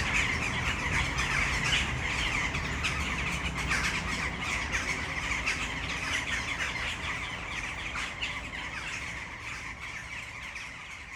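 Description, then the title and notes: Western jackdaws in a noisy flock, rapid overlapping squawks that gradually grow quieter toward the end, over low traffic hum. Flock in a tree at Malinovského square, Brno city centre, Czech Republic, at sunset. "Malinovského nám. 571/1, 602 00 Brno-střed-Brno-město, Česko - Western jackdaws at sunset. A tree full of jackdaws in the city center of Brno"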